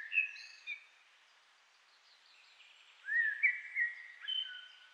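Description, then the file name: Common blackbird giving a few soft notes, then a fuller whistled phrase after a pause, over low steady background noise. "Turdus merula"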